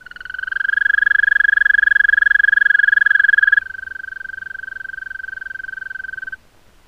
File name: Bufo viridis